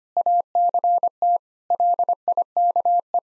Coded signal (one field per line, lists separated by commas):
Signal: Morse code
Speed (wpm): 25 wpm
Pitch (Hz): 700 Hz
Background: none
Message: ACT LIKE